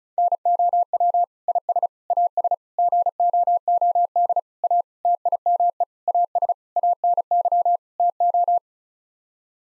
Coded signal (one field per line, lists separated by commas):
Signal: Morse code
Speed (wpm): 34 wpm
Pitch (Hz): 700 Hz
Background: none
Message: NOW IS AS GOOD A TIME AS ANY TO